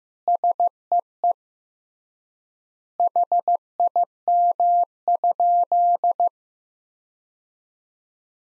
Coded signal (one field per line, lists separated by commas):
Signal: Morse code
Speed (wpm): 15 wpm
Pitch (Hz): 700 Hz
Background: none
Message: SEE HIM?